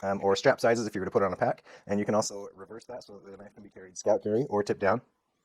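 A man talks steadily over the handling of an adjustable plastic T-clip on a Kydex knife sheath, which is being fitted to a strap or belt. There are no distinct clicks or impacts, and the clip has not yet snapped shut or locked into place.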